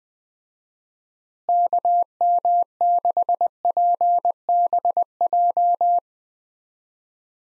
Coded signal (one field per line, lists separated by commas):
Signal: Morse code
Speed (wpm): 20 wpm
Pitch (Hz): 700 Hz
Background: none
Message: KM6PBJ